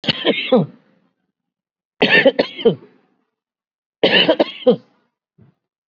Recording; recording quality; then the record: heavy voluntary cough; excellent, no background noise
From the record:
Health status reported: COVID-19 positive, moderate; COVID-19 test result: positive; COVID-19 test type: RT-PCR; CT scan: not taken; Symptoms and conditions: breathing difficulty, fatigue, muscle pain, hypertension, diabetes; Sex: female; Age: 86 years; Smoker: no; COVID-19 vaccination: none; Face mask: worn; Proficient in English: no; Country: India